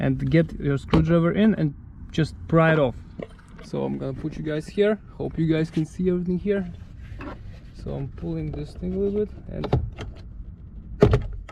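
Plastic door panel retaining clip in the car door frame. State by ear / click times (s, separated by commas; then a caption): released / 11.0 s, 11.1 s. A person talks while working on the interior door trim panel of a 2010–2016 Chevrolet Equinox, pulling it by hand and prying it with a screwdriver. A plastic retaining clip releases from the metal door frame with sharp clicks at 11.0 and 11.1 seconds, and the clip pops out.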